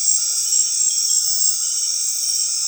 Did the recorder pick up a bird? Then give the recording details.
no. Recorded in dense forest near Puerto Asís, Putumayo, Colombia, on 20 February 2024 at 21:00. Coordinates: 0.502, -76.326. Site G6460